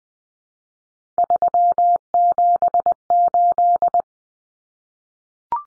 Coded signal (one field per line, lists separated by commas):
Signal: Morse code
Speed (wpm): 20 wpm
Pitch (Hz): 700 Hz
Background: none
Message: 378